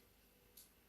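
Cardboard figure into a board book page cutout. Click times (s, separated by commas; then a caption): 0.6 s. A cardboard figure from a toddler board book is pressed into the matching cutout on the page, where it fits easily but holds with a lot of tension. Against a steady low background hiss, a single short, bright click sounds at 0.6 s as the figure seats into place.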